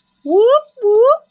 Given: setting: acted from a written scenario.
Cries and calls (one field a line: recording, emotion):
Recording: vocal sound without words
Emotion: elation